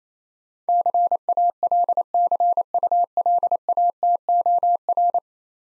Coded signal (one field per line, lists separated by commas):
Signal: Morse code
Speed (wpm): 27 wpm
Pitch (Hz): 700 Hz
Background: none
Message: CALCULATOR